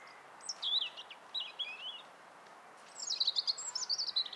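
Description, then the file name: European robin song, high thin whistled phrases with sliding notes, a pause, then a longer rapid twittering phrase, over faint background hiss. "Erithacus rubecula"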